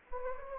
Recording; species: mosquito wingbeat signal from an infrared sensor; Anopheles gambiae